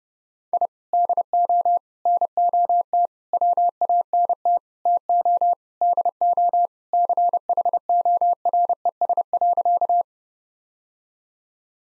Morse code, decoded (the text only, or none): I DO NOT WANT TO DO CHORES.